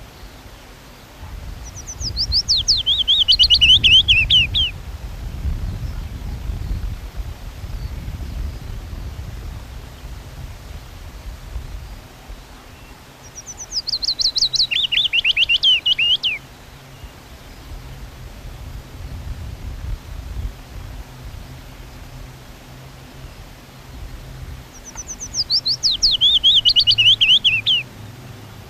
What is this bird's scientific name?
Phylloscopus trochilus